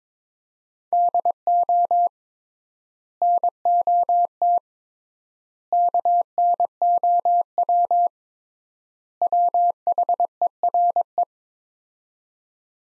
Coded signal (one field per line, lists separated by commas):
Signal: Morse code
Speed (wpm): 21 wpm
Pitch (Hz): 700 Hz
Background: none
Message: DO NOT KNOW WHERE